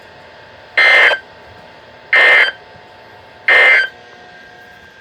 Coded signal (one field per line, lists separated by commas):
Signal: Emergency Alert System (SAME) tones